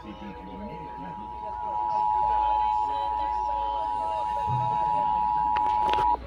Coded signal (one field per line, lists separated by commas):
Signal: Emergency Alert System (SAME) tones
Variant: 853 and 960 Hz attention tone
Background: speech